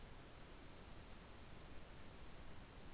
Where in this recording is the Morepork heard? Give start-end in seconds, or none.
none